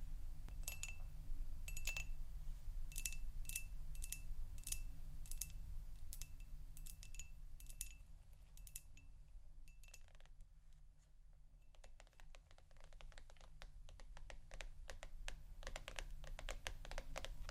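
Tapping triggers: crisp, evenly spaced taps sound about twice a second for the first eight seconds, each with a bright clicky edge. After a brief lull near ten seconds, faster, denser tapping takes over, irregular and busier. A steady low rumble hums underneath throughout.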